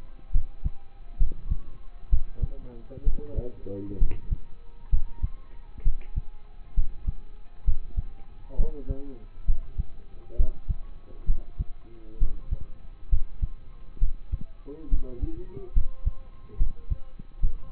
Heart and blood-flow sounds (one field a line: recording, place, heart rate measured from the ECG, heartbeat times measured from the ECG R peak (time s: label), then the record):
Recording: heart sounds by stethoscope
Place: between the tricuspid and mitral areas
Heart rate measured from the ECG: 67 bpm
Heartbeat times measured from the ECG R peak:
0.32 s: heartbeat
1.18 s: heartbeat
2.09 s: heartbeat
3.04 s: heartbeat
3.98 s: heartbeat
4.90 s: heartbeat
5.83 s: heartbeat
6.74 s: heartbeat
7.64 s: heartbeat
8.56 s: heartbeat
9.45 s: heartbeat
10.36 s: heartbeat
11.26 s: heartbeat
12.18 s: heartbeat
13.09 s: heartbeat
13.99 s: heartbeat
14.89 s: heartbeat
15.73 s: heartbeat
16.57 s: heartbeat
17.40 s: heartbeat
From the record:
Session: rest, lying down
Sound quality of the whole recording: partially saturated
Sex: male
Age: 27 years